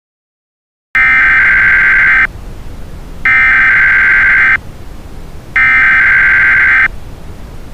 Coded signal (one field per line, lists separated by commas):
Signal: Emergency Alert System (SAME) tones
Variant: header bursts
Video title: We Are Number One but interrupted by the Emergency Alert System